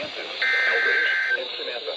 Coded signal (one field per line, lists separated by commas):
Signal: Emergency Alert System (SAME) tones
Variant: header bursts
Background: speech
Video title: (LEGIT CRAZINESS 1) EAS Alerts from 2/15/25 - 2/16/25 (SVR’S AND TORS)